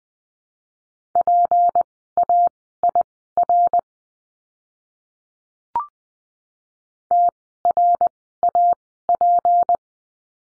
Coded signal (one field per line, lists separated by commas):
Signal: Morse code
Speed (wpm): 20 wpm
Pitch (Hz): 700 Hz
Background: none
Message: PAIR TRAP